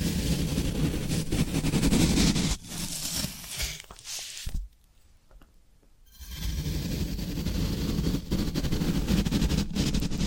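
Floral foam being crushed and worked makes a dense, crackling crunch, steady from the start with a deep rumbling underlayer. Around four seconds it thins out, drops to near silence for about a second and a half, then the gritty crunching resumes and continues steadily.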